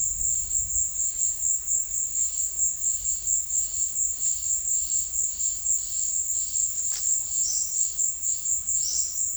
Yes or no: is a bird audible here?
yes